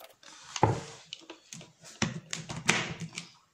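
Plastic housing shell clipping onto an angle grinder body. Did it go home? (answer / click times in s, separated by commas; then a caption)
yes / 2.7 s. The plastic rear housing shell of an angle grinder is refitted over the motor and pressed together, with a few plastic knocks and rattles of handling around 0.6, 2.0 and 2.3 seconds. The shell's plastic clip snaps home with a sharp click at 2.7 seconds, and the housing is seated.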